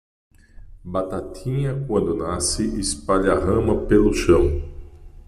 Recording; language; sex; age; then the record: short text; Brazilian Portuguese; male; 50 to 59 years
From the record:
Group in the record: control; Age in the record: 55 years